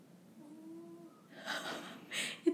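A thin, steady whistling tone gives way to rough, fluttery snorting bursts as a sleeping male cat breathes. It is loud snoring with a sputtering quality like tiny farts, from noisy airflow through the upper airway during sleep, a sign the cat is overweight and needs to go on a diet.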